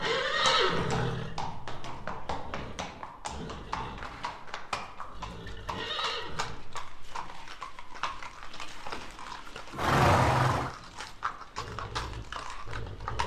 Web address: sons chevaux